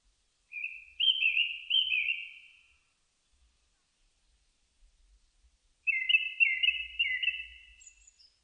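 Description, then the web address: Japanese thrush delivering two varied whistled phrases, each a rapid string of rising and falling fluty notes, with a long silent gap between them and faint low rumble. Recorded 4 May 2001. "2001 010504 kurotugumi"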